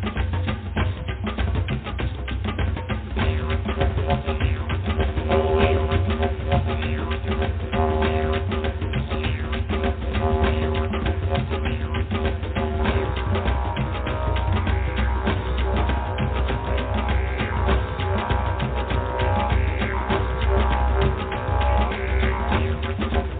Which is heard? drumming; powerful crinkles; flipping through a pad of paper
drumming